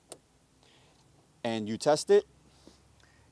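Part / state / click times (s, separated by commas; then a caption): wiring connector onto turn signal bulb socket / seated / 0.1 s. A wiring connector is pushed onto the plastic turn signal bulb socket behind the headlight of a 2021 Toyota RAV4. It gives a sharp click at 0.1 s as it latches and seats. Faint ticks follow, and then someone talks.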